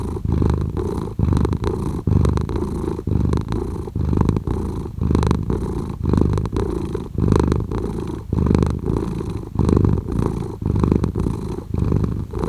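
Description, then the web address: Cat purring steadily and deeply throughout, the low rumble rising and falling with each breath. "مجموعه افکت صدا حیوانات SES Animals SFX Cat Purring"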